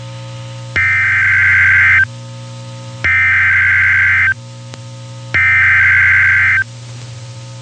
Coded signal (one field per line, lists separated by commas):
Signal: Emergency Alert System (SAME) tones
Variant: header bursts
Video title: Severe T'storm Warning (EAS #372)